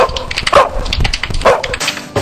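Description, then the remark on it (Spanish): A dog barks in short, sharp bursts, with two louder yelps standing out, mixed with high, whining whimpers throughout. No one speaks. “¿Qué le pasa al perro?”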